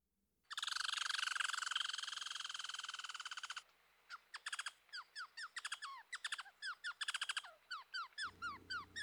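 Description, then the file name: Red squirrel chatter: a long, harsh buzzing rattle for about three seconds, then a run of sharp, descending chirps repeated several times a second. "dan-gibsons-solitudes red-squirrel"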